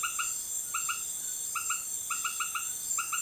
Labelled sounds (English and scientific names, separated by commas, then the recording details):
none
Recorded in dense forest near Puerto Asís, Putumayo, Colombia, on 18 February 2024 at 18:30
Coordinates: 0.505, -76.324
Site G6467